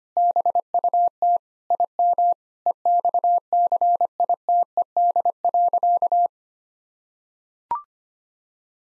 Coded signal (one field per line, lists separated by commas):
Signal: Morse code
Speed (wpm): 25 wpm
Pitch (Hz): 700 Hz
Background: none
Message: BUT IM EXCITED.